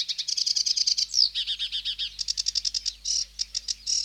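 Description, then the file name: Sedge warbler song: varied medley of rapid trilled phrases, harsh chatters and buzzy notes changing every second or so. "Sedge Warbler (Acrocephalus schoenobaenus)"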